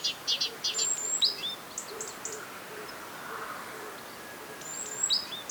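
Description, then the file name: Great tit calls: bursts of very high ticking notes and thin whistles that dip in pitch, heard at the start and again near the end, with soft lower notes between. "Parus major"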